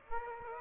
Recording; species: mosquito wingbeat signal from an infrared sensor; Aedes aegypti